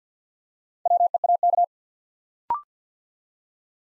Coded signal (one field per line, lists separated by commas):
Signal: Morse code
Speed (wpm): 48 wpm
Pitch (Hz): 700 Hz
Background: none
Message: WEAK